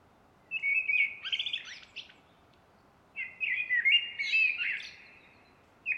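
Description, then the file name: Common blackbird singing two mellow, fluted warbling phrases, each closing with thin, scratchy high twitters, separated by a short pause; a third phrase begins at the end. "Turdus merula"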